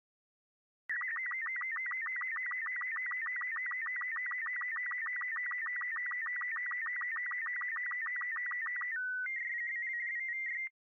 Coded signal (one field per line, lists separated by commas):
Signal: SSTV (slow-scan television)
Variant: Robot 36